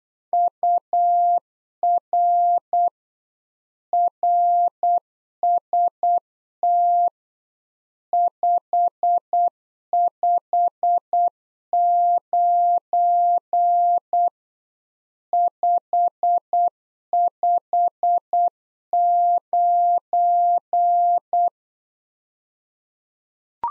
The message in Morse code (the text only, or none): UR RST 559 559